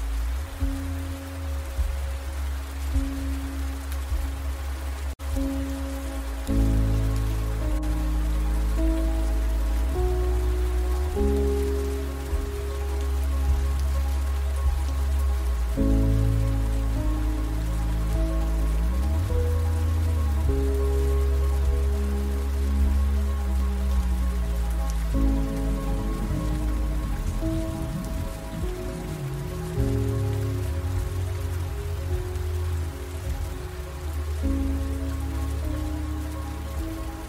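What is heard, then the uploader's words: Music plays with rain falling steadily behind it. A deep, droning bass and sustained chords shift every few seconds, with a gliding tone near the middle, while a constant soft hiss of rain covers the upper range at a steady level throughout. SLEEP Music with RAIN. The music is in 432Hz.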